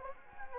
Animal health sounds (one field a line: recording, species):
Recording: mosquito wingbeat signal from an infrared sensor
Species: Anopheles gambiae